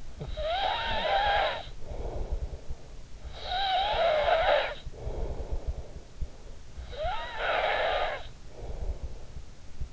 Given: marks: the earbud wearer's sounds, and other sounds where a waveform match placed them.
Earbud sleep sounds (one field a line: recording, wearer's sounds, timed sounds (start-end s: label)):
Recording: sounds in sleep by an in-ear microphone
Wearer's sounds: snoring breath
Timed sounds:
0.00-2.77 s: snoring breath
3.08-6.14 s: snoring breath
6.60-9.66 s: snoring breath